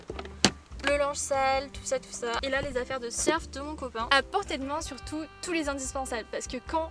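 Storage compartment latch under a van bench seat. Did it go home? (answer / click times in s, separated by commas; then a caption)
released / 0.4 s. A clip-fastened storage compartment latch under a van bench seat is opened, letting go with a sharp, loud click at 0.4 s; the compartments clip shut so nothing falls out while driving. Someone talks throughout, with music playing in the background. The latch is released.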